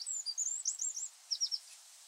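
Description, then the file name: Eurasian wren song: short fragment of fast, high, ringing trilled notes followed by a few sharp chips. "Troglodytes troglodytes"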